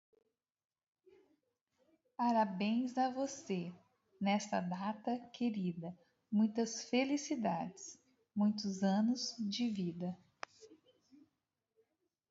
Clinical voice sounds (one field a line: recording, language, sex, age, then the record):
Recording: short text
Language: Brazilian Portuguese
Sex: female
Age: 50 to 59 years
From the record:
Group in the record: control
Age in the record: 55 years